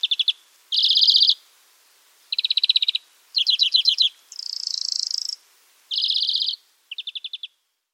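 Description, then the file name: European greenfinch song mixing quick chirping trills and rattles with one drawn-out wheezy buzz midway, phrases following one another closely. "Chloris chloris"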